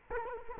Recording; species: mosquito wingbeat signal from an infrared sensor; Culex quinquefasciatus